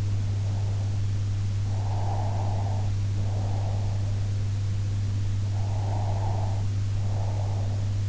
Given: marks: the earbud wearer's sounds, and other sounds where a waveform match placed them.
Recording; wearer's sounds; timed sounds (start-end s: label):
sounds in sleep by an in-ear microphone; breath
0.26-1.06 s: breath
1.61-4.72 s: breath
5.41-8.09 s: breath